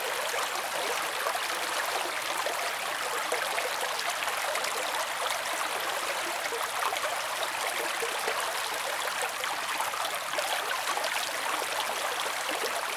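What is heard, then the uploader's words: A brook runs steadily for the whole stretch, a dense, even rush of water with no pauses or swells. The sound sits in the middle and upper range, bright and hissy, with fine trickling detail and very little low rumble. Napping Near the Calming Brook. Water and nature sounds.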